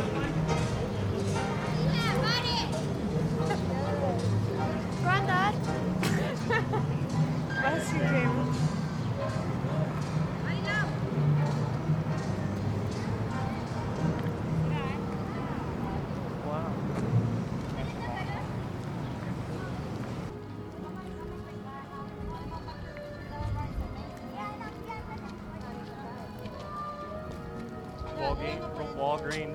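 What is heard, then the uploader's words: Crowd noise at the Universal Studios Florida theme park: many voices talk over one another in a steady, dense murmur, with occasional clearer calls and shouts. Around twenty seconds the sound shifts, the high hiss drops away and the chatter thins slightly but continues. A Day at Universal Studios Florida. On this week's show we play audio from the Universal Studios Florida theme park. Listen as you hear us walk the park as we journey from attraction to attraction.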